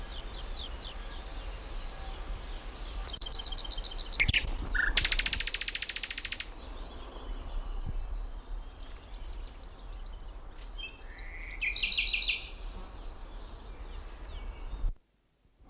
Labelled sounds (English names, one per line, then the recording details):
Common Nightingale
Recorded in the wild
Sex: male
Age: adult
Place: Mühlenbeck, am Tegeler Fließ, Brandenburg, DE
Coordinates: 52.596, 13.282
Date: 1992-05-31 10:25
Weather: sonnig, 22-25 °C
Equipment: Marantz CP 430, Sennheiser ME 80, K 30 AV, Kopie Tesla B 116
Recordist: Tembrock, Günter